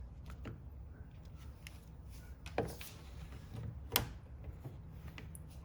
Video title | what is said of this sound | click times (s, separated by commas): Just clips How To Use #MyFristTry | you guys heard that snap | 4.0 s